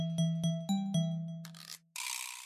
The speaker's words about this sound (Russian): Сквозь плывущую по залу музыку пробился тихий звон колокольчиков. Это начали съезжаться гости.